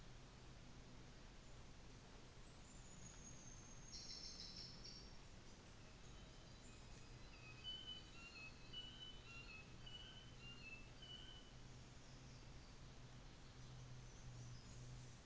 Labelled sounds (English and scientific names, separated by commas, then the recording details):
New Zealand Fantail (Rhipidura fuliginosa)
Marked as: faintness 3/5, faintness 4/5, faintness 1/5
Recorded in New Zealand on 24 December 2018
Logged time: 13:00